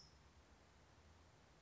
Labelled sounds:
California Towhee (Melozone crissalis)
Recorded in Sonoma County, California

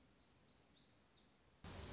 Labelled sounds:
Black-throated Gray Warbler (Setophaga nigrescens)
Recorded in Sonoma County, California

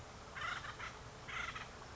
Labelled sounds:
Acorn Woodpecker (Melanerpes formicivorus)
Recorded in Sonoma County, California

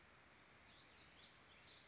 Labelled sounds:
Western Flycatcher (Empidonax difficilis)
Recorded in Sonoma County, California

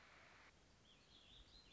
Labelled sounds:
Warbling Vireo (Vireo gilvus)
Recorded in Sonoma County, California

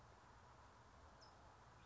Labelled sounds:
California Towhee (Melozone crissalis)
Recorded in Sonoma County, California

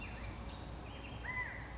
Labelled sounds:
California Quail (Callipepla californica)
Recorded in Sonoma County, California

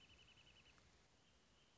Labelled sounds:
Wrentit (Chamaea fasciata)
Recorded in Sonoma County, California

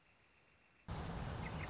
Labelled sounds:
Northern Flicker (Colaptes auratus)
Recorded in Sonoma County, California

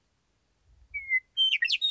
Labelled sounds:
Western Meadowlark (Sturnella neglecta)
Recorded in Sonoma County, California

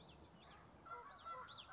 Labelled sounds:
Common Yellowthroat (Geothlypis trichas)
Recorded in Sonoma County, California

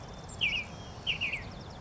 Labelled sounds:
Savannah Sparrow (Passerculus sandwichensis)
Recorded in Sonoma County, California

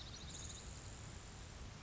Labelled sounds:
Grasshopper Sparrow (Ammodramus savannarum)
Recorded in Sonoma County, California

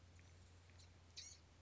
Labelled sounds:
Blue-gray Gnatcatcher (Polioptila caerulea)
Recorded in Sonoma County, California

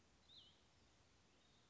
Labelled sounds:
Cassin's Vireo (Vireo cassinii)
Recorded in Sonoma County, California

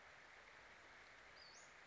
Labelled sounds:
Western Flycatcher (Empidonax difficilis)
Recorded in Sonoma County, California

